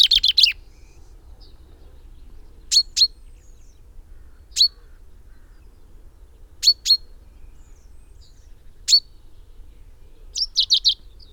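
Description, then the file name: Common chaffinch giving short, sharp high chinks, singly and in quick bursts of two to four, spaced every two seconds or so, with quiet low rumble beneath. "Fringilla coelebs"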